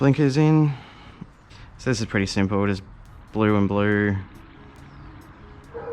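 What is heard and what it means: Someone talks while handling the blue-to-blue plastic connectors on a motorcycle indicator wire, lining one up to push into its mating connector during a tail tidy install on a 2019 Honda CB300R. Only faint handling noise is heard between the speech. The connector has not seated or clicked yet.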